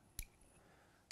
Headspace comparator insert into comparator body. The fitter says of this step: snap right in very positive yup very solid